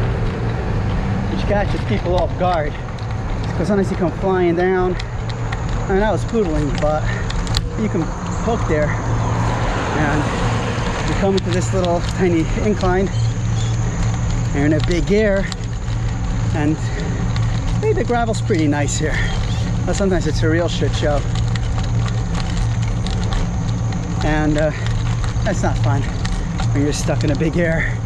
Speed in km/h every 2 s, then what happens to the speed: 15, 15, 15, 15, 15, 15, 13, 13, 13, 13, 13, 13, 13, 13.
0-28 steady at about 13.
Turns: none.